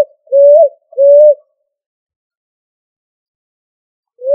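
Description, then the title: Pigeon cooing, two soft rounded notes in quick succession followed by a long silence, with the start of another coo at the very end. "Familia ColumbidaePomba"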